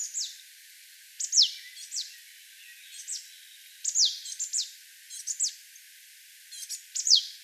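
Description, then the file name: Marsh tit calls: sharp, high notes sweeping steeply downward, given singly or in quick pairs at irregular intervals, quiet background. "Poecile palustris"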